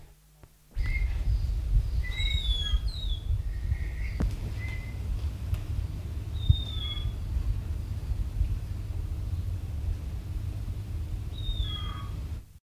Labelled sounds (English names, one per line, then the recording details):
Ocellated Turkey call
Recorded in captivity
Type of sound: call
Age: immature
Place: Zoo Frankfurt, Hessen, DE
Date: 1969-10-02
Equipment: Halbspur, 9,5 cm/s
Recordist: Lütgens, Hans
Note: 3-monatiges